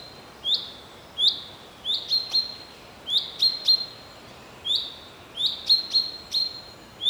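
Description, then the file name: Common chaffinch giving sharp, clipped call notes, some single and some in rapid pairs or triplets, spaced unevenly throughout. "Fringilla coelebs"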